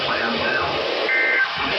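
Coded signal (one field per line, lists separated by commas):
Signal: Emergency Alert System (SAME) tones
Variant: end-of-message bursts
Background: speech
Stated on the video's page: Tornado drill alerts.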